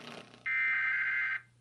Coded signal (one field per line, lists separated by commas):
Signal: Emergency Alert System (SAME) tones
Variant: header bursts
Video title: PBS Kids Program Break (2004 WNED) with EAS Required Weekly Test